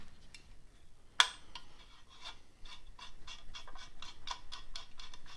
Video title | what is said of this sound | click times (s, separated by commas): Hand Planes | should just kind of click into place there it is | 1.2 s